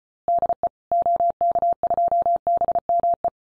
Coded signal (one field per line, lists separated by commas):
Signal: Morse code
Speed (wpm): 34 wpm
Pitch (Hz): 690 Hz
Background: none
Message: DE OK2BME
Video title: CW freak.NET - QRQ